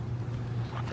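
A small plastic plug is handled at the port of a new radiator during a Buick Lucerne radiator replacement, the kind that pops right in and seals. A steady low hum near 100 Hz runs under broadband noise with no distinct click. Nothing has seated or clicked yet.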